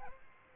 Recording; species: mosquito wingbeat signal from an infrared sensor; Aedes albopictus